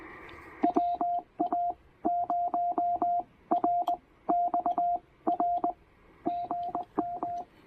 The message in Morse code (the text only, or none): WA0RXR GM